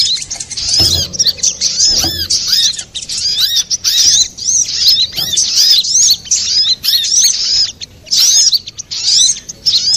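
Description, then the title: Little spiderhunter: rapid runs of shrill chirps and arched whistles in phrases separated by brief pauses, a couple of soft low knocks early on. Master recording for training cage birds, labelled Labaik. "Masteran Burung Sogok Ontong Labaik"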